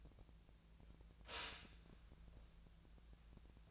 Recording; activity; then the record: daily activity, microphone in the room; stop toaster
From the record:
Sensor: 2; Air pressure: 1000.0 hPa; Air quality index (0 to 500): 149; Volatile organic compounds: 2 ppm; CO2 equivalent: 1264 ppm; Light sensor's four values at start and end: 25/63/27/29 and 25/63/27/29